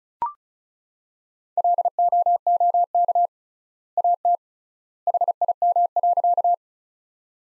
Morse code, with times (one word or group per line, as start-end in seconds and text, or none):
1.6-3.3 LOOK
4.0-4.4 AT
5.1-6.5 HIM.